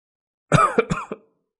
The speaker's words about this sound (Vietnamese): Diệp Hàm lễ ho ra máu